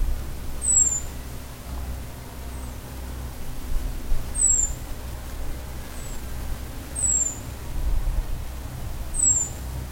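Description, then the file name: European robin calls: short, high, thin whistles sliding downward, repeated every two to four seconds, with a few fainter notes between and a constant low background hum. "Erithacus rubecula"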